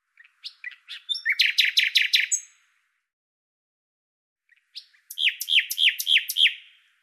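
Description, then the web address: Common nightingale song in two phrases, each starting with soft clicks and building to a loud, evenly repeated series of sharp notes, separated by a few seconds of silence. "Deverinetal 2025"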